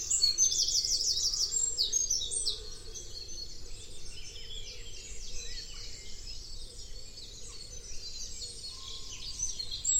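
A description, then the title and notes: A dense dawn chorus of many birds chirping and trilling at once, loudest in the first two seconds, over a steady low rumble. Dawn chorus in Bradford on Avon, Wilts, UK. Starting at 4:40am by the Avon river, then at various points on the river path down to Avoncliff. Recorded on the lovely DPA 4060 microphones on my lapels, or left on benches, with MixPre2.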